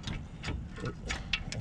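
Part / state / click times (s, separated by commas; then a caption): brake pad retainer into the front brake caliper / seated / 1.3 s. During a front brake job on a Tesla, a metal brake pad retaining piece is pushed all the way through the front brake caliper. Softer ticks and knocks come before a sharp metallic click at 1.3 s, as the retainer locks in place, seated.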